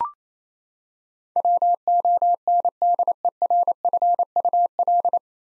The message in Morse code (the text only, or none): WONDERFUL